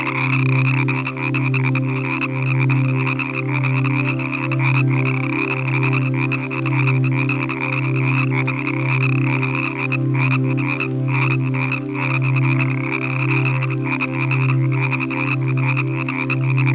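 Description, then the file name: Frog croaking: a steady low croak that swells and fades roughly every second, over a continuous high trilling. "Nature Collection - Croak Frog Calls"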